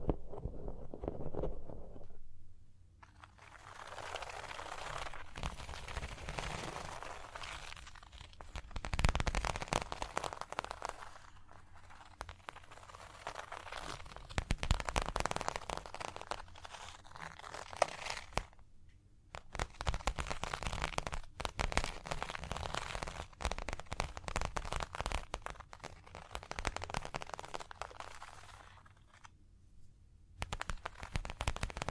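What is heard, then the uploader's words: Dry tapping, scratching and tracing on a hard surface, a dense crackly texture of quick strokes and taps that rises and falls. Brief near-silent pauses fall around 2, 18 and 29 seconds, and a louder, busier stretch runs from about 8 to 17 seconds. ASMR Hypnotic Surface Tapping, Scratching, Tracing Sounds (No Talking).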